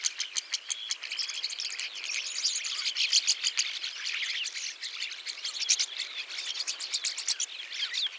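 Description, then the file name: Rosy starling song, a dense rapid jumble of scratchy chatters, clicks and short squeaky whistles running continuously throughout. "jalak mawar"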